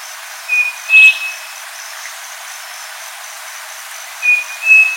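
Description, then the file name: Striped cuckoo whistling a clean two-note phrase, the second note a touch higher, given twice about three and a half seconds apart over constant hiss. "Canto do saci"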